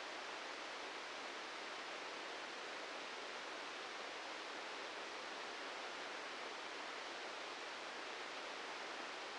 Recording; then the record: brain microelectrode recording played as sound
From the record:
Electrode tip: outside the subthalamic nucleus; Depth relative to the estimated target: 0 mm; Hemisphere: right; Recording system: NeuroSet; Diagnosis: Parkinson's disease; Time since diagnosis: 13 years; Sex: male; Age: 65 years